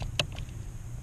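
On a 2015 Challenger Scat Pack, during a NoWeeds install, a seat wiring harness connector is pushed part way into its mating plug, then its latch lever is moved to draw it fully home. The latch gives one sharp click at 0.2 s, with faint ticks around it over a low background hum. The connector is fully seated.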